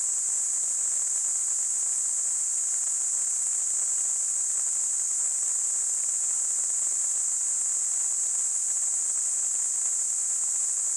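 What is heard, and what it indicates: Steady, unbroken high-pitched hiss throughout, a simulation of the constant ringing or hissing heard in tinnitus.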